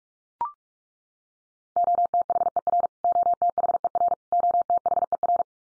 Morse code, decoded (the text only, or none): OTHER OTHER OTHER